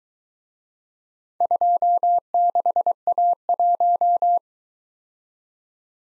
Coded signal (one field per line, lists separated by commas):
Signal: Morse code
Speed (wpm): 22 wpm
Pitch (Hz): 700 Hz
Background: none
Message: 26A1